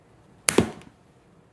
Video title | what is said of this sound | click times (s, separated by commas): Best Shoe Storage - STURDY Great For Storage and Shoes | Then you take your little tabs and you'll hear them click in. | 0.5 s